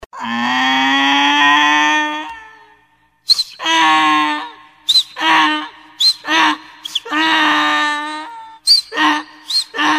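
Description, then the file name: Donkey braying: a long droning tone, then a see-saw of sharp high squeaky intakes alternating with lower harsh honks, repeated rapidly toward the end. "jegue"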